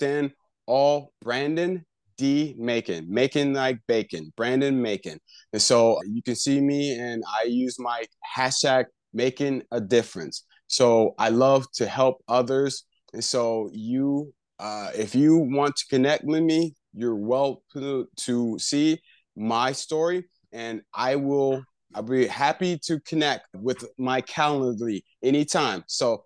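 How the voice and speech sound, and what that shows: An adult man speaks in short runs broken by frequent pauses. He repeats small words and restarts phrases, as in "to… to see" and "so you… you", while articulation stays clear. This halting, effortful word retrieval is mild aphasia in a stroke survivor, about one year after a left-hemisphere stroke.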